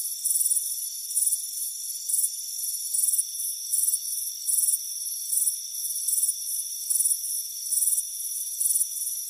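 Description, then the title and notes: Regular cricket chirping: high, buzzy pulse bursts roughly every 0.8 seconds, over a faint, continuous high-pitched hum. Crickets chirping on a warm afternoon on a front porch. "Soothing Crickets Chirping Sound. It's a warm afternoon as you relax in a hammock on the front porch. Relax and fall asleep to the soothing sound of chirping crickets. Deep Sleep Sounds"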